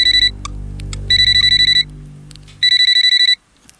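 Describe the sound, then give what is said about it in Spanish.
An alarm clock rings in three bursts of rapid, high-pitched electronic beeping, separated by short pauses, with a low rumbling hum underneath that fades out near the end. “Suena el despertador y te levantas.”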